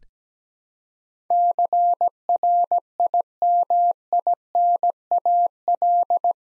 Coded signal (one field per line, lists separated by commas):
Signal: Morse code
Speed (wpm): 17 wpm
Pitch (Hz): 700 Hz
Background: none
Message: CRIMINAL